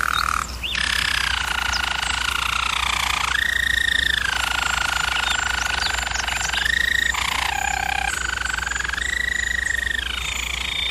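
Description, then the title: Roller canary delivering long smooth sustained rolls that step up and down in pitch between tours, almost unbroken, over a faint steady hum. German Roller canary singing; canary training video. "German Roller Canary Singing - Canary Training Vid"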